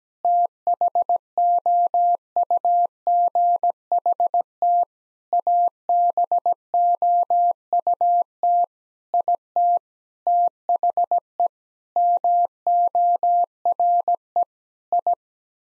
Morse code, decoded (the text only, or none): THOUGHT ABOUT IT THE MORE I